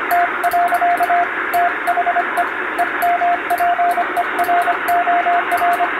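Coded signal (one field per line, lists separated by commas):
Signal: Morse code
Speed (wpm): 25 wpm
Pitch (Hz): 700 Hz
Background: radio noise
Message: T. THE EMPEROR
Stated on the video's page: Morse (CW) reception practice with the signal buried in shortwave noise, recorded on the amateur bands by a first-class radiotelegraph operator.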